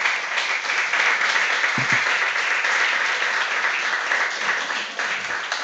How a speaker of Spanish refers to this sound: Bueno, muchas gracias. Ahora sí podemos aplaudir.